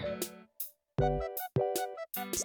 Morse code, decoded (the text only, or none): none